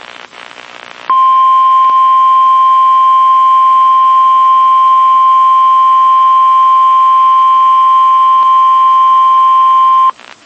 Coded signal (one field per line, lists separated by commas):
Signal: Emergency Alert System (SAME) tones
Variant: 1050 Hz attention tone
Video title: FREE APPLEBEES Part 1 EAS Alerts From 11-10-21 EAS #1-6